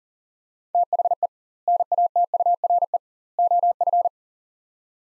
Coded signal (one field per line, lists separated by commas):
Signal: Morse code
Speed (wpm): 40 wpm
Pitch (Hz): 700 Hz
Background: none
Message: THE NATURE OF